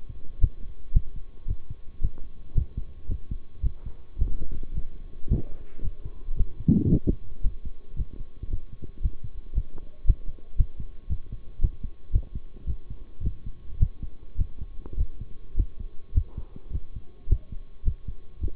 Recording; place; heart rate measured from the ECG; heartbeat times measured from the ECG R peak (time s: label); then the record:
heart sounds by stethoscope; between the tricuspid and mitral areas; 110 bpm
0.41 s: heartbeat
0.94 s: heartbeat
1.48 s: heartbeat
2.01 s: heartbeat
2.55 s: heartbeat
3.09 s: heartbeat
3.63 s: heartbeat
4.18 s: heartbeat
4.74 s: heartbeat
5.28 s: heartbeat
5.83 s: heartbeat
6.37 s: heartbeat
6.90 s: heartbeat
7.43 s: heartbeat
7.96 s: heartbeat
8.50 s: heartbeat
9.02 s: heartbeat
9.54 s: heartbeat
10.06 s: heartbeat
10.58 s: heartbeat
11.09 s: heartbeat
11.61 s: heartbeat
12.12 s: heartbeat
12.67 s: heartbeat
13.23 s: heartbeat
13.80 s: heartbeat
14.38 s: heartbeat
14.97 s: heartbeat
15.56 s: heartbeat
16.14 s: heartbeat
16.72 s: heartbeat
17.29 s: heartbeat
17.85 s: heartbeat
18.41 s: heartbeat
From the record:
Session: bicycle stress test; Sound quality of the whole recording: good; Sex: male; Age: 23 years